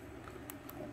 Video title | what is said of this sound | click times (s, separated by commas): NEW METHOD!! Fast file transfer from pc to sd for PS Vita | So you just want to put this in there until you hear the click. | 0.5 s